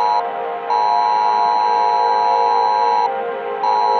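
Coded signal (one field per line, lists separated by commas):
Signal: Emergency Alert System (SAME) tones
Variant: 853 and 960 Hz attention tone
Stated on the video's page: Simulated EAS for a mock nuclear attack scenario.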